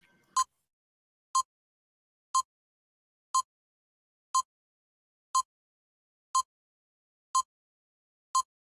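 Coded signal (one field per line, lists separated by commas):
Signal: none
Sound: intro music beeps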